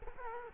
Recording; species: mosquito wingbeat signal from an infrared sensor; Culex quinquefasciatus